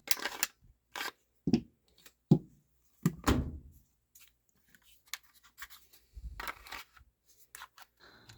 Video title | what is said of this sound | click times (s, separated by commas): Heckler & Koch VP 9 from Umarex | it will slide in but it won't it won't lock into place just because the way the bottom is it's different | none